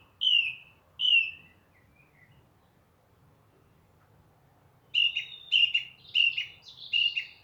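Song thrush song: two clear whistled notes, a pause, then a short phrase repeated four times in quick succession.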